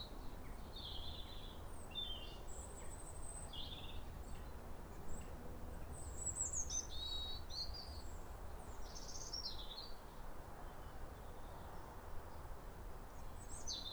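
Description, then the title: European robin song, a series of high, varied, trilling and wistful phrases spread throughout, over low background noise. Pair of robins in neighbouring gardens singing to each other at a clear, calm sunrise on New Year, in winter after weeks of rain. "Sound Escape 150: Be uplifted by a chorus of New Year's robins"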